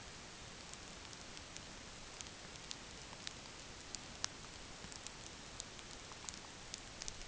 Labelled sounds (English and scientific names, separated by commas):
none